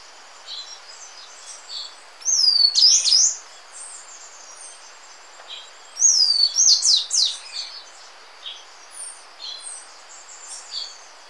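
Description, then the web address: Tricolored brush-finch song: two bursts of high sweeping whistles and rapid notes, about four seconds apart, with faint thin chips between them. Ecuador, South America. "Birds of Ecuador. Tricolored Brush-Finch"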